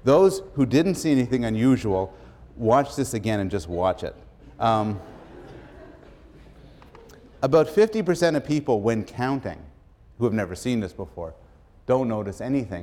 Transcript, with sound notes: Those who didn't see anything unusual, watch this again and just watch it. [laughter] About 50% of people when counting, who have never seen this before don't notice anything.